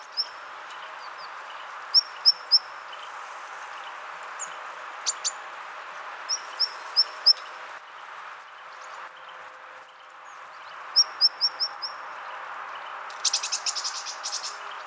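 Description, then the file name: Great tit calling in sharp, high, clipped notes in short groups, repeated several times, with a rustling burst near the end. "Parus major"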